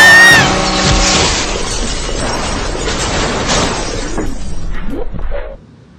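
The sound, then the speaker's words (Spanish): A car's tires squeal in a sustained, high screech for about a second, then a loud crash of crunching metal and shattering glass follows, with debris rattling and scraping before dying away. “¡Amiga, cuidado! ¡Mira ese carro!”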